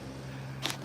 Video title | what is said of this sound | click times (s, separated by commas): BAD STARTER INSTALL! Toyota Avalon Almost Misdiagnosed as Locked Engine 2GR-FE LIVE! #mechanictips | See that? Once you pop them in, it should be easier to route from there. | 0.7 s